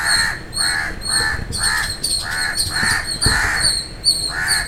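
Bird calls: a rapid series of loud, hoarse caws over a shrill, steady pulsing tone.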